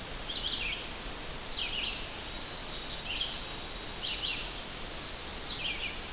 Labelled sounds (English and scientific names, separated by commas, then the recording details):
Red-eyed Vireo (Vireo olivaceus) song
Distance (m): 25 m
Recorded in boreal forest in Alberta, Canada, on 12 June 2016 at 06:37
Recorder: SongMeter 3, array SBT-3-18
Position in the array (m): 237 m, 101 m